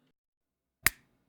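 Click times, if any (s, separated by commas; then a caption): 0.9 s. The activation button of a disposable plastic lancet device is pressed firmly against a fingertip, and its spring-loaded lancet releases with a single sharp click at 0.9 s. The lancet fires, punctures the skin and retracts into its plastic casing, and only faint low noise remains afterwards.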